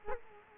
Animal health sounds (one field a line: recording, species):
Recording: mosquito wingbeat signal from an infrared sensor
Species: Culex quinquefasciatus